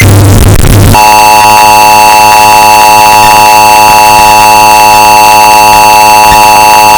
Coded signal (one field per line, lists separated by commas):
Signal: Emergency Alert System (SAME) tones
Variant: 853 and 960 Hz attention tone